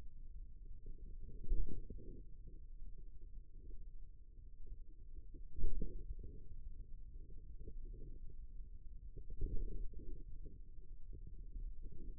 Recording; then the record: forearm muscle sounds (acoustic myography)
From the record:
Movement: ulnar deviation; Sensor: system 2, bracelet of six BSWA MPA416 microphones around the upper forearm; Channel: 3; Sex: male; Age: 22 years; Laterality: right